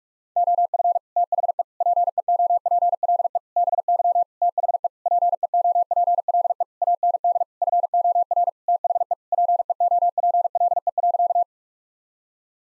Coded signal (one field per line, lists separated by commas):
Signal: Morse code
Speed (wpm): 41 wpm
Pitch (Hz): 700 Hz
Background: none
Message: OF THE PEOPLE BY THE PEOPLE AND FOR THE PEOPLE.